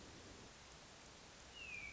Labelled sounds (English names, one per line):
Hermit Thrush